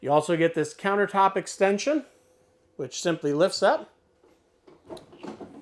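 Someone talks while the hinged fold-up countertop extension on the kitchen counter of a 2025 Wolf Pack 365Pack15.5 Toy Hauler is lifted up by hand. Faint handling knocks and rustles follow from about 4.7 s to the end. Nothing has locked into place or clicked yet.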